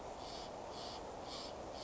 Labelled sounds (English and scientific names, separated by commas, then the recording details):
Steller's Jay (Cyanocitta stelleri)
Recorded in Sonoma County, California